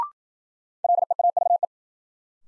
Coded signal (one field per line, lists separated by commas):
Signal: Morse code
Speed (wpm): 53 wpm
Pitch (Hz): 700 Hz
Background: none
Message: LEAVE